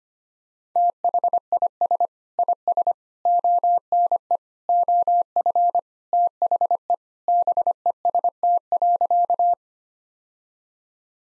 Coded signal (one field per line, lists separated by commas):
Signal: Morse code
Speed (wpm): 25 wpm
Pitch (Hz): 700 Hz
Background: none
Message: THIS IS ONE OF THE BEST.